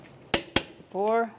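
A torque wrench tightens the fourth lug nut on a front wheel of a 2007-2012 Nissan Altima after a front brake caliper replacement, clicking sharply at its setting at 0.3 s and again at 0.6 s. Someone then talks briefly, confirming the nut is torqued.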